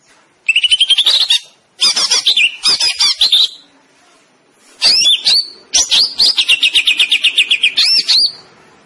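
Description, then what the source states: Greater green leafbird song: bright, high-pitched phrases of quick chattering notes and slurred whistles, ending in a long rapid trill. Singing in 'gacor' style, an Indonesian term for vigorous, continuous singing.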